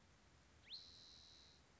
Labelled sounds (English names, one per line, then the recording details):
Spotted Towhee
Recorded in Sonoma County, California